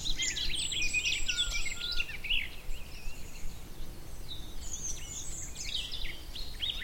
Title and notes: the little-known song of the garden warbler. by Fergus Collins